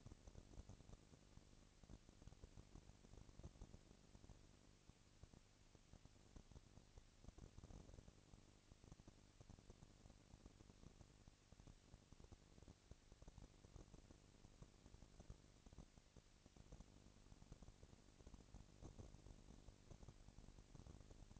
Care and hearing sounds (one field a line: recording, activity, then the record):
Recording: daily activity, microphone in the room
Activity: no activity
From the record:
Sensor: 4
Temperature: 22.4 degrees Celsius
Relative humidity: 31.9%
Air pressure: 998.0 hPa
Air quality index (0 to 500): 203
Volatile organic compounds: 17 ppm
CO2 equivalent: 2573 ppm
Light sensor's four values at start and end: 2/3/1/1 and 2/3/1/1